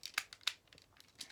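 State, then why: Not seated. The lower leg part of a plastic Hasbro Transformers action figure is brought around toward its knee joint, making light crinkly handling ticks, with sharper ones at about 0.1, 0.2 and 0.5 seconds. The part has not clicked into place yet.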